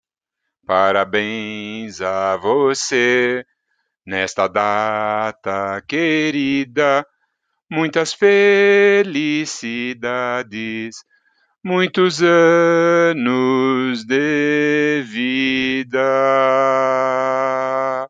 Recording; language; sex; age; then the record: short text; Brazilian Portuguese; male; 60 to 69 years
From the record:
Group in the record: control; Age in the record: 64 years